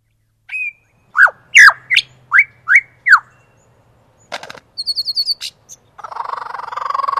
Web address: earth naturelibrary. superb lyrebird